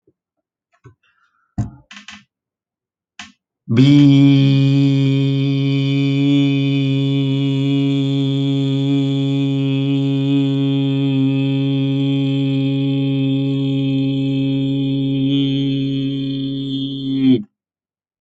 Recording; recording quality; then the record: sustained vowel as in beet; excellent, no background noise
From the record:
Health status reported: healthy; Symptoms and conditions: diabetes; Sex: male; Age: 48 years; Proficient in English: yes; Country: India